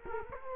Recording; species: mosquito wingbeat signal from an infrared sensor; Culex quinquefasciatus